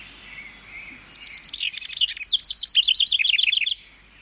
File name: housewren